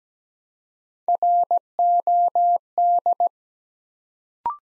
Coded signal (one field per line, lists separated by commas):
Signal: Morse code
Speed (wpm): 17 wpm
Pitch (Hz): 700 Hz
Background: none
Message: ROD